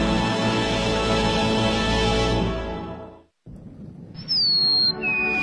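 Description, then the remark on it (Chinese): Eurasian tree sparrow calls in Daxing District, Beijing: after music fades into a brief pause, two thin, high, whistled notes, each sliding slightly downward, ring out clearly with no talking. “我的学名是树麻雀，也就是大家俗称的麻雀。”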